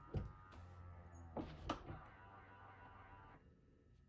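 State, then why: Seated. A car side door fitted with an aftermarket soft-close latch module on a Tesla Model 3/Y is pushed lightly closed, and the latch motor pulls it fully shut. A low motor hum runs from about 0.5 to 3.4 seconds, with latch clicks at 1.4 and 1.7 seconds as the door seats fully.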